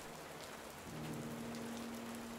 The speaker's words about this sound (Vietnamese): Một ngôi nhà trong thôn khẽ mở cửa ra, tiếng gió bị mưa làm cho lu mờ.